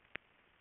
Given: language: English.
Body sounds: throat vibration sensor signal played as sound; swallow

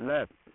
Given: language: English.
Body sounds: throat vibration sensor signal played as sound; speech

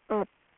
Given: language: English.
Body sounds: throat vibration sensor signal played as sound; speech

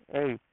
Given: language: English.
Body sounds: throat vibration sensor signal played as sound; speech

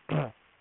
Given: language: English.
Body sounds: throat vibration sensor signal played as sound; throat clearing

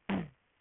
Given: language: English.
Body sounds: throat vibration sensor signal played as sound; throat clearing

